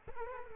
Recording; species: mosquito wingbeat signal from an infrared sensor; Culex quinquefasciatus